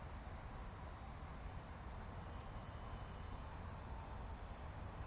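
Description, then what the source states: Cicadas droning in a steady, high, hissing chorus that holds without pause, swelling slightly after the first second, over a low rumble. Michigan, United States; several cicadas.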